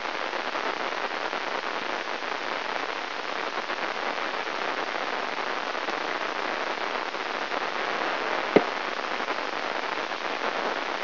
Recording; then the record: brain microelectrode recording played as sound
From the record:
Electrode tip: inside the subthalamic nucleus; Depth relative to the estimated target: -1.3 mm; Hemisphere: left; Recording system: AlphaMap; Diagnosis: Parkinson's disease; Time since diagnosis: 21 years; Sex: female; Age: 61 years